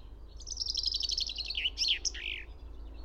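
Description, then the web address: Finch delivering a single loud, fast trill that slides lower and ends with a couple of sharp, ringing flourish notes. "fugl b-finke"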